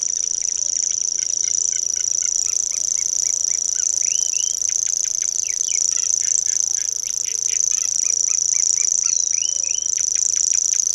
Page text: Here is a sound recording of a singing Common Grasshopper Warbler